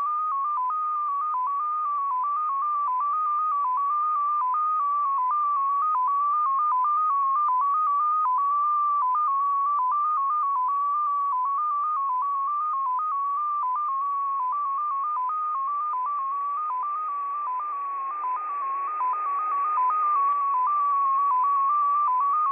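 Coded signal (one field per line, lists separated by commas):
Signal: multi-tone FSK (Olivia or MFSK type)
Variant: XPA2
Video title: XPA2 Data Mode 22/06/2023 1120 UTC 14982kHz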